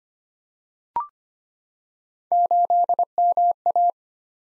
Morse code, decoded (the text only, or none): 8MA